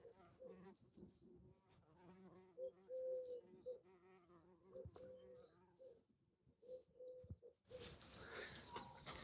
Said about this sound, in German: Ich versuche dabei, mir die Hummeln aufzunehmen vom Klang.